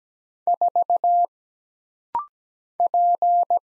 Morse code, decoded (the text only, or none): 4 P